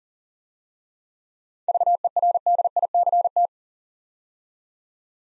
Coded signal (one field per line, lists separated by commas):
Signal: Morse code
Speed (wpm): 40 wpm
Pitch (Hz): 700 Hz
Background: none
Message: VERDICT